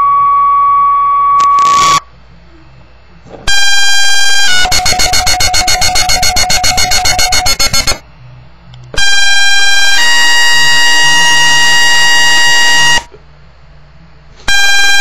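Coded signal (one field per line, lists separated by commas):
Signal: two-tone page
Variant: Motorola Minitor II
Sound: buzzy steady tones, a warbling pulsed alert, then one tone stepping to a second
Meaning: Alert for the daily announcements to fire and rescue squad members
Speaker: that was the um minute or two um alerting for our daily announcements it was also the unit in um 350c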